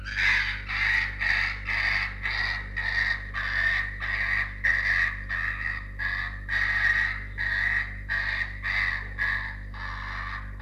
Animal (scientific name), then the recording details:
Vulpes lagopus. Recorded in captivity. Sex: female. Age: adult. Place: Zoologisches Institut der HUB, Berlin, DE. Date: 1958-04-06 13:15. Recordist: Tembrock, Günter. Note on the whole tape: Fuchsanlage: "Nina": Knätschen, fast kreischend, dann auch winselnd gegen Rotfuchs-Rüden "Jau", der am Gitter droht